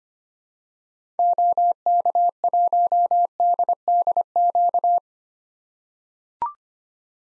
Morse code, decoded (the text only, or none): OK1DDQ